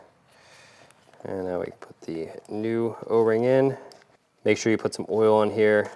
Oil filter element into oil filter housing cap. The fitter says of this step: pop this guy in. The nipple goes towards the bottom. Get that nice click.